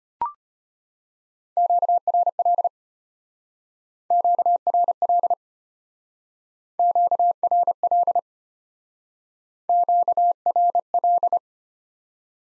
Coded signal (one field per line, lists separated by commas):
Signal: Morse code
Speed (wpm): 32 wpm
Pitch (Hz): 700 Hz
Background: none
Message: QRL QRL QRL QRL